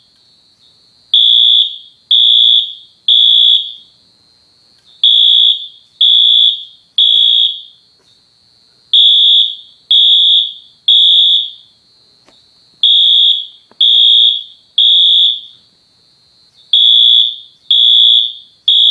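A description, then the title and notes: A fire alarm sounds in repeated groups of three loud, shrill beeps, each group followed by a short pause, with near-silence between. Fire Alarm. I set off the Wheelock MT on horn code 3.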